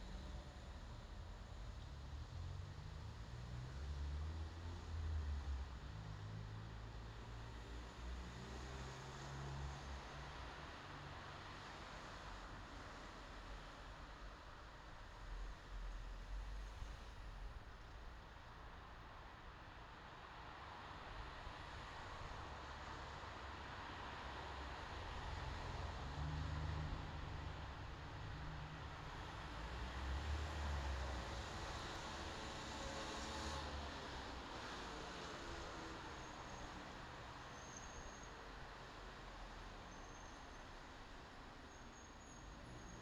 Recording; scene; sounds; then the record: everyday scene through a hearing-aid microphone; in traffic; traffic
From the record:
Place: bus stop on a city main road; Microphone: in the ear canal, left